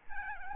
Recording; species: mosquito wingbeat signal from an infrared sensor; Aedes albopictus